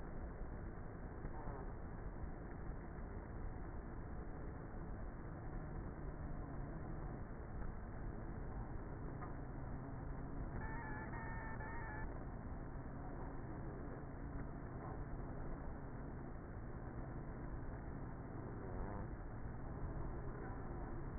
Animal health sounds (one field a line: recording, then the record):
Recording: honeybee colony, microphone inside the hive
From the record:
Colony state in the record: queenless with a low population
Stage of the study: before two queens were removed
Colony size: about 30,000 bees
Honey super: no